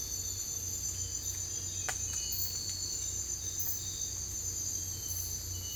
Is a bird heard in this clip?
no